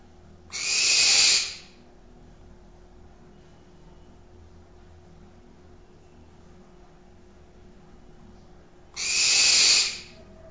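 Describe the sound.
Barn owl making two short hoarse, hissing screeches about eight seconds apart, with near silence in between.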